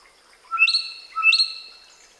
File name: Gracula religiosa